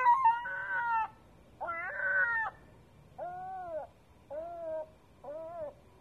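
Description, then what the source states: Gull crying in a run of five wailing notes, the first two loud and harsh, the last three softer, lower and evenly spaced. Seagull calling on a roof at 3 am in Sète.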